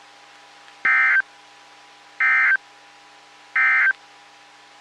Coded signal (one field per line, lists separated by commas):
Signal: Emergency Alert System (SAME) tones